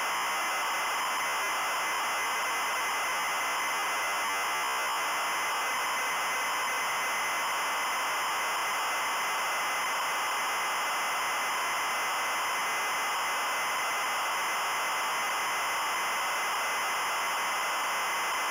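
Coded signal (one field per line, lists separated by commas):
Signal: ZX Spectrum tape loading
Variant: Adventurer custom loader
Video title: Adventurer ZX Spectrum loader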